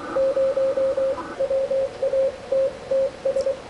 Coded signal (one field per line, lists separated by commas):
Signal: Morse code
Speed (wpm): 23 wpm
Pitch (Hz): 540 Hz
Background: radio noise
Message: 0 WATTS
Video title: 1940's HAM TRANSMITTER "MICA MOLD"